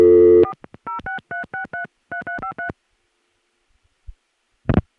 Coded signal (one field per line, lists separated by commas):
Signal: DTMF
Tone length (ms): 120 ms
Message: 4 063633353